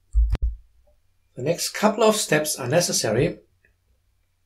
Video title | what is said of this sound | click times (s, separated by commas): 05. PRIME Certification for Installers: Installation Environment & Assembly of PRIME | lock the power connector by pressing tpa that the terminal position assurance the | 0.4 s